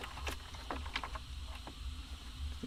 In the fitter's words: yep clicks into place